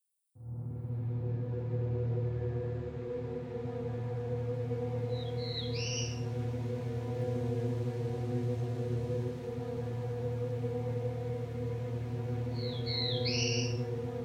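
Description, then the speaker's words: Black-throated Blue Warbler song, two short buzzy high phrases about seven seconds apart, over a steady loud low hum. Small songbird of mature woodland understory, northern Great Lakes east to the Atlantic; relaxed, lazy-sounding song like 'beer, beer, bees'; recording modified for listeners with high-frequency hearing loss. "They have a relaxed, perhaps lazy sounding song that can sound like beer, beer, bees."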